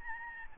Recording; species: mosquito wingbeat signal from an infrared sensor; Aedes albopictus